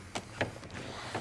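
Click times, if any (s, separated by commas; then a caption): 0.2 s, 0.4 s. The plastic arm (side) panel of an Osaki OS 4000 massage chair is set into the clips on the chair base and pushed in until it firmly sits down. Two sharp hits are heard at 0.2 s and 0.4 s, and the panel is seated on the base.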